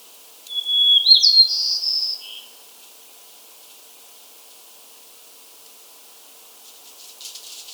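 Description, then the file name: White-crowned sparrow song: a long clear whistle, then a brighter buzzy warble and a short lower buzz, lasting two seconds, followed by quiet and faint crackling. Subspecies gambelii. "White crowned Sparrow Zonotrichia leucophrys gambelii"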